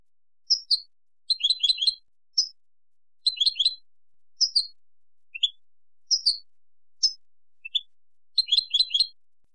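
European goldfinch song: short bursts of bright, high twittering notes separated by brief pauses.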